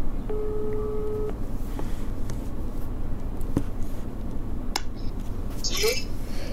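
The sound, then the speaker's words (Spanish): A mobile phone ringback tone plays once over speakerphone during a WhatsApp call made from a radio programme, a steady buzzing tone lasting about a second, then a hissy open line with a few soft clicks and no talking. “aquí le ponemos el móvil y le damos aquí al altavoz.”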